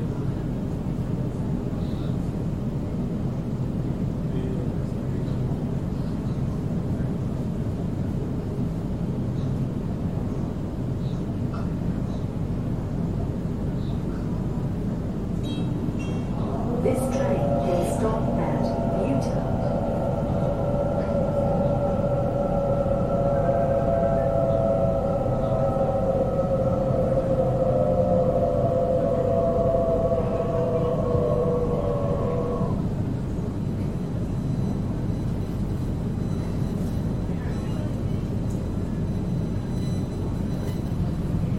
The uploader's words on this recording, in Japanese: シドニー市内へ向かう電車の音。今回も最新版をPCM録音ステレオでお送りします。